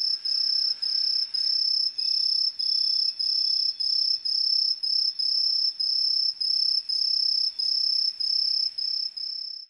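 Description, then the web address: Aomatsumushi tree cricket song: loud, high, pure-toned chirps repeated steadily about every half second with brief gaps, a faint higher overtone, and little else heard. Recorded 20 September 1998. "1998 980920 aomatumusi"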